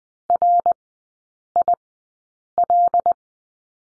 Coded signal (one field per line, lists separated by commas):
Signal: Morse code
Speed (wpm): 20 wpm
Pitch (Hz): 700 Hz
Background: none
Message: RIL